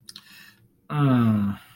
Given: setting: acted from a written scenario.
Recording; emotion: vocal sound without words; embarrassment